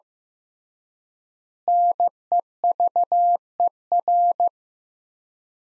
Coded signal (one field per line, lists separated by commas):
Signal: Morse code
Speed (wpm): 15 wpm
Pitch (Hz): 700 Hz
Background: none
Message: NEVER